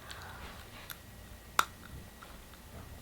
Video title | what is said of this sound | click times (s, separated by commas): Invisalign Update Vlog #2 | you probably heard that click. | 1.6 s